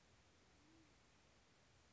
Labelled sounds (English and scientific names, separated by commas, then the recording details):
Band-tailed Pigeon (Patagioenas fasciata)
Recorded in Sonoma County, California